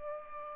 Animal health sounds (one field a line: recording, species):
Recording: mosquito wingbeat signal from an infrared sensor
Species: Culex pipiens